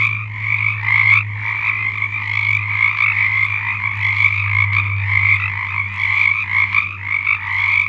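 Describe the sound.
Frogs calling in a thick chorus, many overlapping trills blending into a steady drone, with a low hum underneath.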